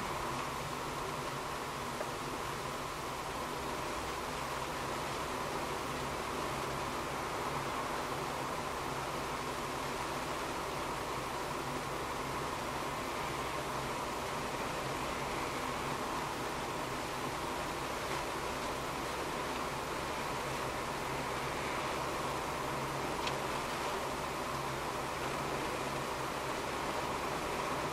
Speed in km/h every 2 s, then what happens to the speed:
50, 50, 51, 52, 51, 49, 50, 49, 49, 51, 52, 52, 52, 52.
0-28 steady at about 51.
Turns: none.